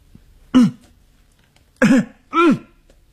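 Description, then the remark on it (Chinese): Three loud, harsh coughs with a throaty, voiced edge: one, then a pause of about a second, then two more in quick succession, with silence in between. A man coughs loudly as he walks along a hallway toward the stairs. “但是他必须得下楼啊，他咬着牙走过去，他大声地咳嗽。”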